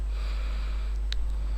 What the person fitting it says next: Anda tinggal tekan dia akan mengunci sehingga terdengar klik